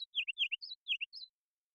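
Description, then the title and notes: Ruby-crowned kinglet phrase: a few short figures of falling notes, each followed by a higher note, with no other sounds. Series of full songs, short songs and phrases; parabolic single-species recording, clean-processed with natural rhythm, pace and dynamics kept; Pacific Northwest, Washington, United States. "BIRDSong Kinglets - RubyCrowned Kinglet Song. Ruby-crowned Kinglet, Regulus calendula, song performance with a series of full songs, short songs, and phrases. Recorded in the beautiful Pacific Northwest in Washington, Unister States"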